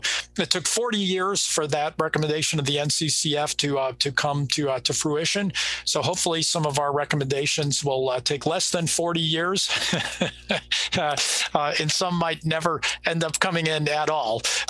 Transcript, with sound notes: And so it took 40 years for that recommendation of the NCCF to come to fruition, so hopefully some of our recommendations will take less than 40 years [laughter], and some might never end up coming in at all.